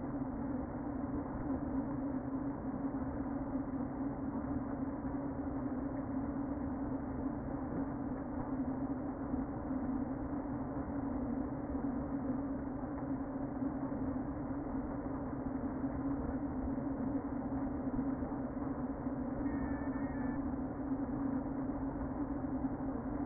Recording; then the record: honeybee colony, microphone inside the hive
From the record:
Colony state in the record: queen present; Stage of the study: before two queens were removed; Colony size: about 60,000 bees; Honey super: yes